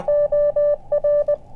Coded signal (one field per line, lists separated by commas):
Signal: Morse code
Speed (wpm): 20 wpm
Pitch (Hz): 590 Hz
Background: none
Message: OR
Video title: CHEAP Antenna Field Test | Elecraft KX2 Tuner | Ham Radio CW Contest